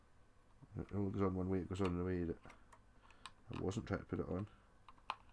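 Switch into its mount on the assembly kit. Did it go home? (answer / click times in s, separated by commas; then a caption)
yes / 5.1 s. A switch is pushed onto its mount on an assembly kit; it only fits on one way. Someone talks, with a few faint ticks of handling in between, then a sharp click at 5.1 s confirms the switch has seated.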